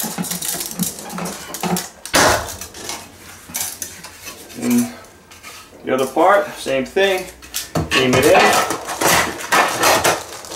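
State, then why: Not seated. The second outer side piece of a Solar Boat Shades blackout boat shade is handled and fitted toward its chain track, with clattering, knocking handling sounds while someone talks. Nothing has seated or clicked yet by the end of the clip.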